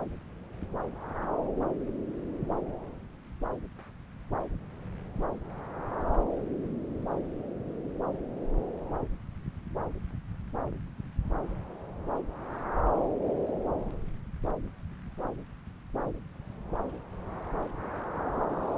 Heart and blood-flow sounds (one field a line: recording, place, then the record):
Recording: Doppler ultrasound of blood flow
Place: left subclavian vein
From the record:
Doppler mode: continuous wave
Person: adult scuba diver, at rest before a dive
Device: O'Dive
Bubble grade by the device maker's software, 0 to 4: 0